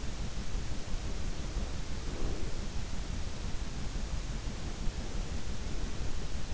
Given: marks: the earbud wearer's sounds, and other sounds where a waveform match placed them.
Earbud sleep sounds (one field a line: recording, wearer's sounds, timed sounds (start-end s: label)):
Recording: sounds in sleep by an in-ear microphone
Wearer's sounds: breath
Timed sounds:
0.79-2.62 s: breath
4.42-6.28 s: breath